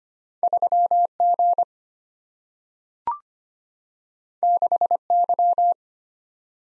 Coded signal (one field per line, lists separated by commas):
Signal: Morse code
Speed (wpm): 25 wpm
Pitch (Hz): 700 Hz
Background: none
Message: 3G 6Y